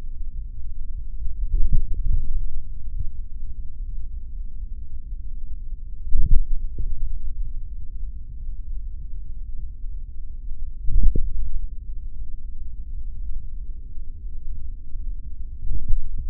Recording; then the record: forearm muscle sounds (acoustic myography)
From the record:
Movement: finger pinch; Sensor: system 3, bracelet of six PUI Audio POM-2738L microphones around the upper forearm, with dedicated amplification and filtering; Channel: 4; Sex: male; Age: 26 years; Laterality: right